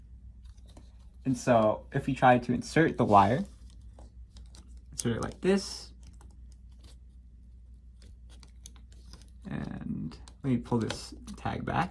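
A thermostat wire is lined up at a push-in terminal on a Honeywell RTH9585WF smart WiFi thermostat base plate, and the terminal tag is pulled back before the wire is pushed home. Someone talks in bursts, with faint, short ticks in the quiet gaps between. Nothing has seated or clicked yet.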